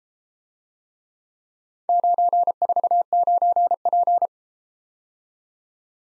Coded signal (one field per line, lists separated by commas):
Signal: Morse code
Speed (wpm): 33 wpm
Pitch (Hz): 700 Hz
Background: none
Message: 949P